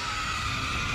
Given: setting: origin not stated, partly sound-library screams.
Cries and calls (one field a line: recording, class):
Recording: one-second piece from a danger detection set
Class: woman in danger